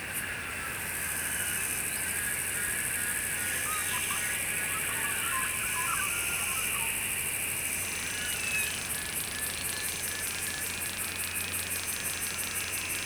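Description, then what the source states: Cicada song, a steady shrill drone that shifts into rapid rhythmic pulsing buzzes during the final few seconds. Recorded in summer.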